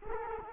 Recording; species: mosquito wingbeat signal from an infrared sensor; Culex quinquefasciatus